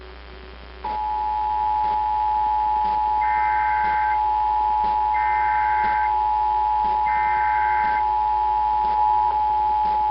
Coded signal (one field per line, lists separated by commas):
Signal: Emergency Alert System (SAME) tones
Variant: 853 and 960 Hz attention tone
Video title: AM/FM/TV (EAS # 538) Tennessee Required Monthly Test 12/5/18